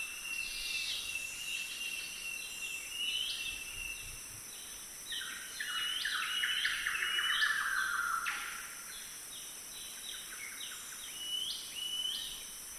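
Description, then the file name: Golden whistler song: short phrases of stepped whistled notes, rather soft, over a constant high hiss. "Golden whistler bird singing"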